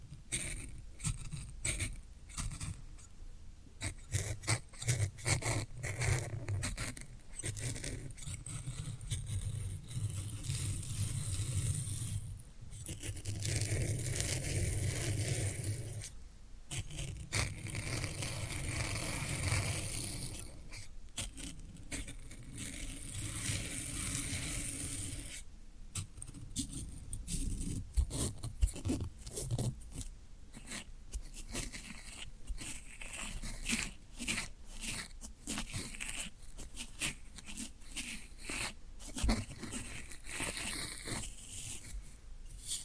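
Floral foam being handled and broken, dense crumbly scraping and crunching that thickens around 5–12 and 17–25 seconds, then turns into sharper crackles.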